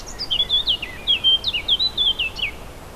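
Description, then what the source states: Warbler delivering a quick, lively warble of twisting notes, dipping and rising in a continuous phrase over soft hiss. Recorded 4 May 2011 on an MZ-N710 recorder.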